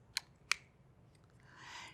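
The plastic mouthpiece cap of a breath-actuated inhaler, held with the cap at the bottom, is swung wide open on the inhaler body, giving two sharp plastic clicks at 0.2 s and 0.5 s. The cap clicks fully into its open position, after which only a faint tick and a soft rising hiss follow.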